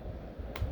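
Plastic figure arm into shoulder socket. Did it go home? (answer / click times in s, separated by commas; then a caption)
no / none. A plastic action figure arm is handled against the figure's shoulder socket, with a low rumbling background and one brief sharp tick at about 0.6 s. Nothing has seated or clicked into place yet.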